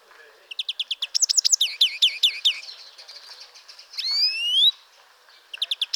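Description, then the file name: European greenfinch giving a series of bright chirping trills, then a drawn-out buzzy rising wheeze, and resuming the twittering trill at the end. "Chloris chloris"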